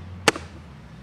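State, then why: Seated. A butterfly latch on a Pelican hard plastic waterproof equipment case is pressed closed, giving a single sharp snap at 0.3 s, followed by a fainter tick at 0.4 s. The latch seats with a positive lock.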